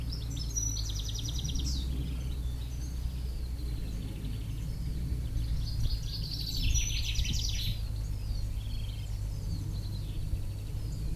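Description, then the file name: European Goldfinch giving liquid twittering calls, one burst early and a louder one past midway, set against continuous low-pitched rumbling noise. "Carduelis carduelis"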